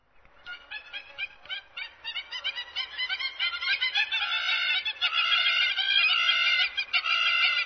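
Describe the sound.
Hamerkop giving fast, repeated nasal yelps that start softly, quicken and swell into loud, drawn-out harsh notes.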